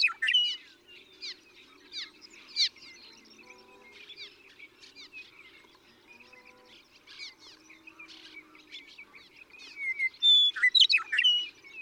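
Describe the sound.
Western meadowlark song: loud whistled phrases at the start and near the end, with softer chirping from other birds in between.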